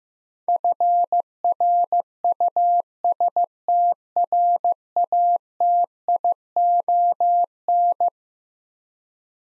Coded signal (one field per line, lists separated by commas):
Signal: Morse code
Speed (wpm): 15 wpm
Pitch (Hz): 700 Hz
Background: none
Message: FRUSTRATION